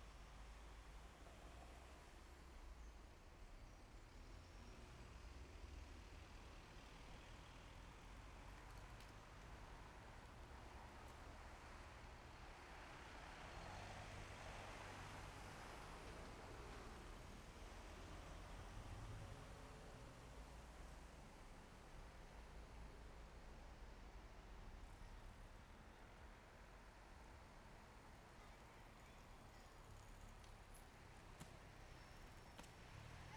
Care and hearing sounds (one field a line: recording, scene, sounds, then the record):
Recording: everyday scene through a hearing-aid microphone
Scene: in traffic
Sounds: traffic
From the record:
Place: main road on the outskirts, rush hour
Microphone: behind the ear, left, front